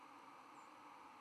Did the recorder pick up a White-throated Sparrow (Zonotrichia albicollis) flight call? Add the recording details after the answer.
yes. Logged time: 03:05 on 11 November 2014